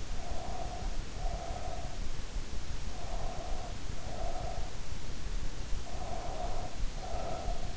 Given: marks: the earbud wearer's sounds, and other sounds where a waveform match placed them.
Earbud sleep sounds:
sounds in sleep by an in-ear microphone; breath
0.05-2.20 s: breath
2.90-4.83 s: breath
5.85-7.77 s: breath

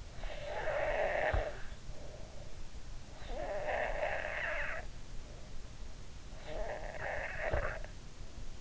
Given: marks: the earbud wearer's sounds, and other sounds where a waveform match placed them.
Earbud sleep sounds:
sounds in sleep by an in-ear microphone; breath
0.12-2.74 s: breath
3.09-6.13 s: breath
6.36-8.61 s: breath

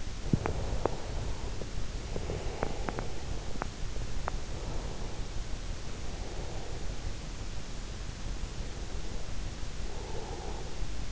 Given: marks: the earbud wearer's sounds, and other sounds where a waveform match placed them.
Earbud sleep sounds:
sounds in sleep by an in-ear microphone; teeth grinding, breath
0.00-4.66 s: teeth grinding
0.17-3.65 s: breath
4.01-7.13 s: breath
8.39-11.12 s: breath

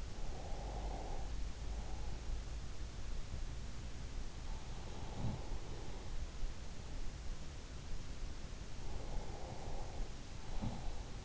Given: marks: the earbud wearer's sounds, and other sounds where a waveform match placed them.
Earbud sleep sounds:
sounds in sleep by an in-ear microphone; breath
0.00-1.39 s: breath
4.65-5.67 s: sound from someone else or the room
8.73-11.25 s: breath
10.26-10.98 s: sound from someone else or the room

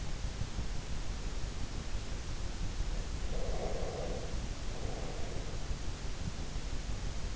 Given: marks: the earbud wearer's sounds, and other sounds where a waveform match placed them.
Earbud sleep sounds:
sounds in sleep by an in-ear microphone; breath
3.27-5.87 s: breath

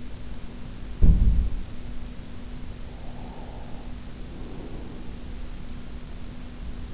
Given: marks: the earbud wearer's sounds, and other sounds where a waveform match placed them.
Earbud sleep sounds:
sounds in sleep by an in-ear microphone; breath
0.95-1.75 s: sound from someone else or the room
2.82-5.47 s: breath

